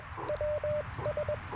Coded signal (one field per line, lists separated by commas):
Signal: Morse code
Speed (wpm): 20 wpm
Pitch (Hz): 600 Hz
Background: none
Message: WS